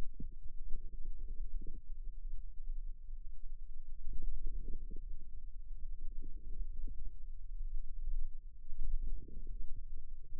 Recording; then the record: forearm muscle sounds (acoustic myography)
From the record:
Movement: wrist flexion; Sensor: system 2, bracelet of six BSWA MPA416 microphones around the upper forearm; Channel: 2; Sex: female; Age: 22 years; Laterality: right